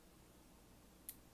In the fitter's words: you hear that detent clicked in